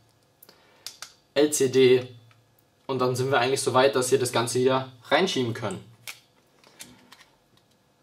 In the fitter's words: Anschluss dran machen einfach klicken bis er einrastet